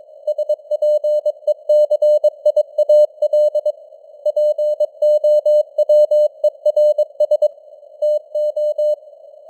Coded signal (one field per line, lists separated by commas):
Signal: Morse code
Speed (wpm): 22 wpm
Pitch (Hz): 600 Hz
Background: none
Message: SPECIAL POWERS TO